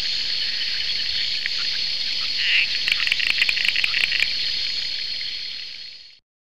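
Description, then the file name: Accra puddle frog calling in rapid clicky pulses for about two seconds, over a steady high-pitched drone that fades out at the end. "Phrynobatrachus latifrons"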